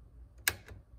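A plastic cap is pushed shut onto a refillable ink tank of a sublimation printer, snapping in with a sharp, bright click at 0.5 s, followed by a fainter tick at 0.7 s over a low background hum. The cap is seated.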